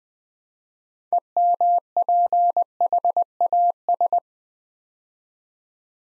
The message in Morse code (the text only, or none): EMPHAS